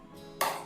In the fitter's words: இப்படி சவுண்டு வந்தால் மட்டும்தான் லாக் ஆகிருக்கு, இல்லை அப்படின்னா லாக் ஆகலை அப்படின்னு அர்த்தம்.